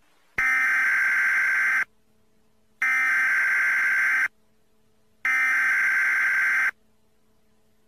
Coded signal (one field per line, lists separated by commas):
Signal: Emergency Alert System (SAME) tones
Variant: header bursts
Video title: The EAS is bout that 🔥